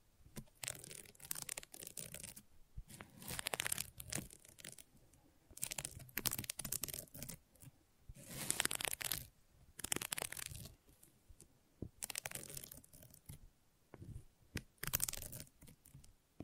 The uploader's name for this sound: ASMR Gentle Scratching